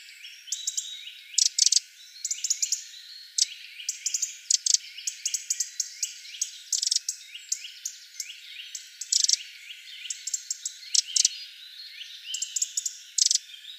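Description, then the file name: Eurasian wren calls: bursts of hard, rapid ticking notes repeated throughout, high-pitched with faint squeaky chirps between them. "Troglodytes troglodytes"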